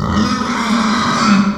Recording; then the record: squeal of a Yucatan mini pig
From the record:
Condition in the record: after surgery on the right vocal fold (resection and tissue-engineered implant); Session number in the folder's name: 16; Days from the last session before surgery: 183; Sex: female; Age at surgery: 19 weeks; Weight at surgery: 25 kg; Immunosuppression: prednisolone